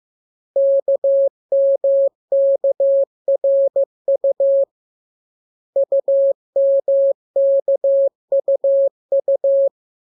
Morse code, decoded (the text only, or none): KMKRU UMKUU